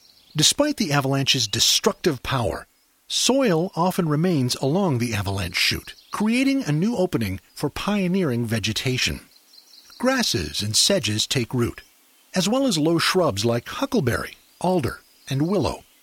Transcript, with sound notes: Despite the avalanche’s destructive power, soil often remains along the avalanche chute, creating a new opening for pioneering vegetation. [Background, songs of e.g. Swainson’s Thrushes, Varied Thrushes] Grasses and sedges take root, as well as low shrubs like huckleberry, alder, and willow.